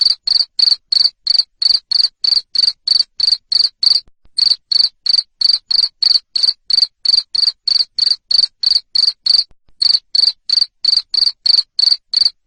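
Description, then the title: Cricket chirps, high buzzy pulses repeated about three per second, the run broken by two short gaps. Loud cricket chirping, called ngerik, played to stimulate lovebirds to keep singing (ngekek). "Suara JANGKRIK NGERIK Keras Bikin LOVEBIRD Jadi NGEKEK Terus Vubey"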